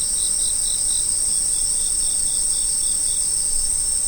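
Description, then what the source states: Insects calling, a constant high shrill drone with a run of short evenly spaced chirps through most. Autumn insects.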